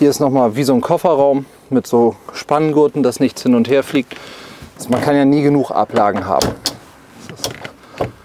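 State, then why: Seated. Inside a Westfalia Kepler Six camper van, an interior fitting, probably a shelf or cover near the storage area, is folded or pushed until its latch engages in its catch. Someone talks over low background noise, then a short run of sharp clicks arrives near the end, the loudest at 7.4 s. The fitting has snapped into place and is easy to use.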